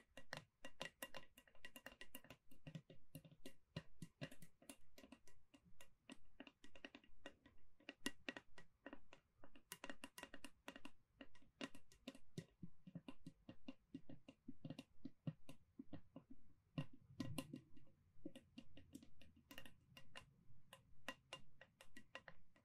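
Gentle tapping runs throughout, sharp bright clicks coming several per second in a fairly steady but slightly uneven rhythm, sometimes doubling up. A faint low hum sits underneath, and around seventeen seconds a brief deeper rumbling swells before the taps continue.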